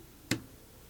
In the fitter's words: Okay, I don't know if you could hear that. It's snapped on, seems pretty easy.